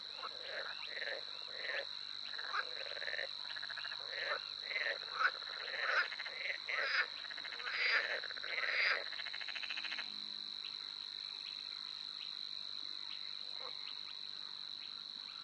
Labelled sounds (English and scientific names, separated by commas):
Spotted Crake (Porzana porzana)